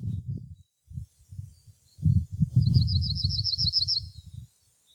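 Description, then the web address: Yellowhammer singing a quick high trill of repeated notes over bursts of low rumbling noise. Recorded 19 March 2016. "fagelljud 20160319 gulsparv"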